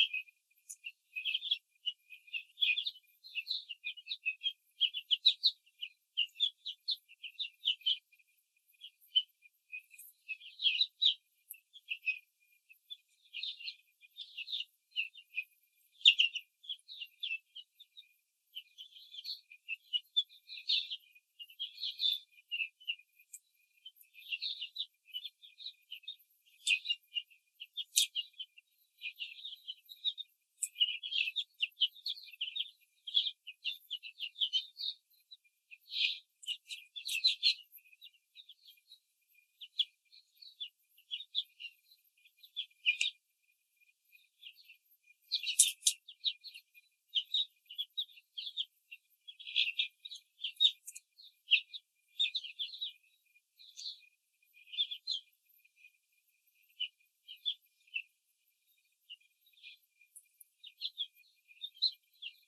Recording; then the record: young laying hens in a cage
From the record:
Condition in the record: control cage, after the stress test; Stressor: none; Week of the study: 4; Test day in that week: 3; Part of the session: 3